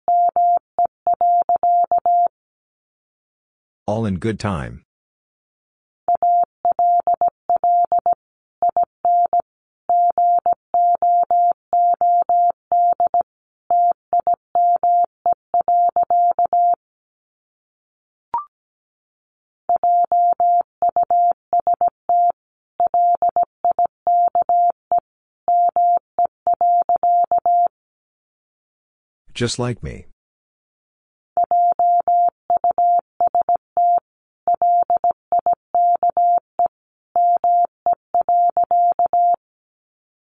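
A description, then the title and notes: Words are sent in Morse code as a steady mid-pitched tone keyed into short dots and longer dashes, grouped with brief pauses between letters and words. Two sharp bursts of noise cut in, one near five seconds and another near thirty. Sentences from Top 200 Words 17wpm. First, the words are sent in Morse code.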